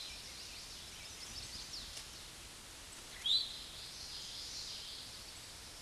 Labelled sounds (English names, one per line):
Eastern Towhee song